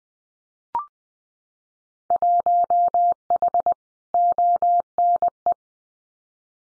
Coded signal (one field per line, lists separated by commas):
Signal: Morse code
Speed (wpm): 20 wpm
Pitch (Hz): 700 Hz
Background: none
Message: 1H ONE